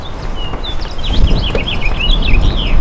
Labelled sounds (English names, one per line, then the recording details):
House Finch song
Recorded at Westbury on Long Island, New York, on 27 May 2013
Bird A